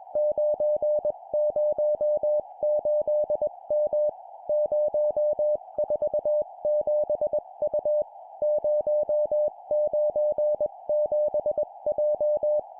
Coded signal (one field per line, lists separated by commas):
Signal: Morse code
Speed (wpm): 21 wpm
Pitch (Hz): 600 Hz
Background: music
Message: 908M 047U 097J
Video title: 20wpm Four letter words number,number,number,letter, cw morse code course